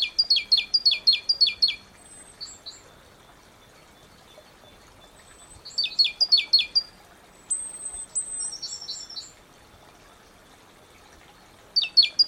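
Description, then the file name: Great tit giving short bursts of quick, high, down-slurred notes, separated by long quiet gaps, with a few thin whistles and chattering notes in between. "Parus major"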